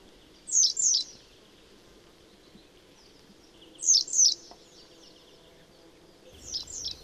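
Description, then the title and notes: Western yellow wagtail calls: high, thin, downslurred notes given in quick pairs, three bouts spaced a few seconds apart, over a faint steady background hum. "Keltavästäräkki. Risto Nevanlinna"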